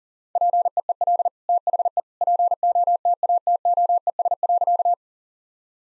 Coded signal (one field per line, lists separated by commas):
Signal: Morse code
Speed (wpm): 40 wpm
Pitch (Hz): 700 Hz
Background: none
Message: PEEL THE POTATOES.